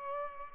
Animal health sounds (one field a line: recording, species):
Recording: mosquito wingbeat signal from an infrared sensor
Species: Culex pipiens